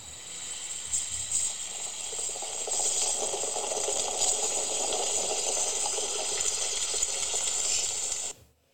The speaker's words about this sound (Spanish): A mí me encanta el sonido de una cafetera, sobre todo italiana, cuando el café ya está a punto de hacerse y ya vas a apagar la vitrocerámica, ese olor que inunda después del sonido todo.